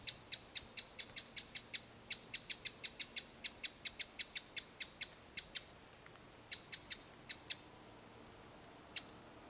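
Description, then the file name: Eurasian wren delivering a long, even run of rapid ticks forming a rattle, then a few spaced single ticks toward the end. "Troglodytes troglodytes"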